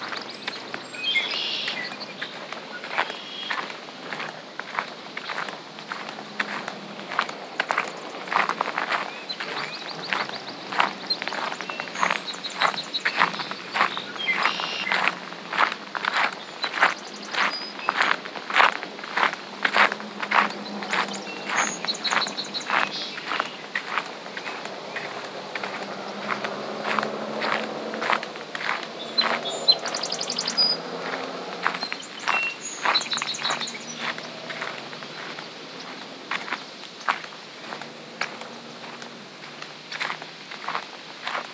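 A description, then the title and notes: Footsteps crunch steadily along the Rogue River Trail in Belmont, Michigan, a regular stride of roughly two steps per second that holds for the whole walk. Faint, thin chirps rise now and then over a quiet outdoor backdrop. Discover the gentle tranquility of Rogue River Trail in Belmont, Michigan.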